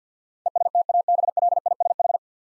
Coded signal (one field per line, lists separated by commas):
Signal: Morse code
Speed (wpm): 50 wpm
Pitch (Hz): 700 Hz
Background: none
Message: ESTABLISH